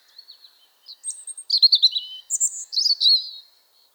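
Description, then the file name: European robin song: faint opening notes build into rich, rapid high warbles and trills in a single flowing phrase. "Erithacus rubecula"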